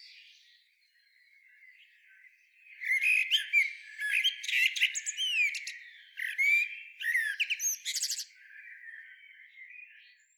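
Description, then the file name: Common blackbird calls: soft high notes building into a loud, excited run of sharp chattering and squeaky notes in the middle, then fading to quieter sounds. "Turdus merula"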